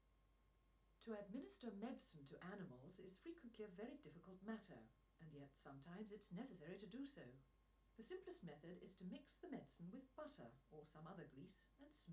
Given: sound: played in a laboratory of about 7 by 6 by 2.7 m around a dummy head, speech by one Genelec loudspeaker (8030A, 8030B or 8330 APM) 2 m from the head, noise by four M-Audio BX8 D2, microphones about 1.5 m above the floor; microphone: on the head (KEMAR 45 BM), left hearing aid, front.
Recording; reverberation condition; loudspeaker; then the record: female speech in English; low; behind (180 degrees)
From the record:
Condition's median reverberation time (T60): about 310 ms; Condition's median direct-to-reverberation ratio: about 3.5 dB